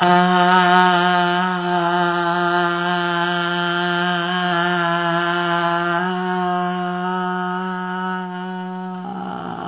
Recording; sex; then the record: sustained vowel /a/; female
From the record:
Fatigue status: no fatigue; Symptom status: asymptomatic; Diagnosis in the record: COVID-19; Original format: 3gp